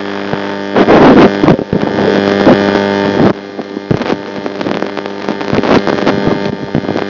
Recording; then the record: brain microelectrode recording played as sound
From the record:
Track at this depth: outside the subthalamic nucleus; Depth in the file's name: 0.004 mm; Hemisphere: right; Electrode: 2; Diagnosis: Parkinson's disease